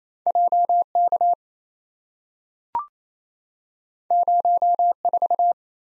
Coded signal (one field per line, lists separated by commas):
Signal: Morse code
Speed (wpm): 28 wpm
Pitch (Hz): 700 Hz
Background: none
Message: JK 04